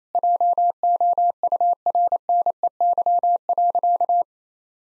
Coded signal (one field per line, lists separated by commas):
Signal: Morse code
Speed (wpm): 28 wpm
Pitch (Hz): 700 Hz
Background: none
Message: JOURNEY.